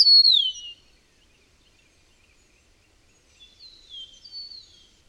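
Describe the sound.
Bird song: a loud, clear whistle sliding steeply down opens, then after a long pause a softer run of high whistled notes follows.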